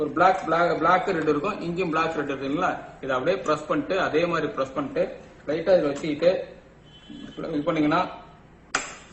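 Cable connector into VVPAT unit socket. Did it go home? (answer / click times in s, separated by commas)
yes / 8.8 s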